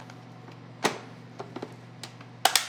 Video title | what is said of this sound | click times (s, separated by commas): Kosher Lamb Shoulder Sous Vide | close this down until it clicks then we hit vacuum and seal | 2.5 s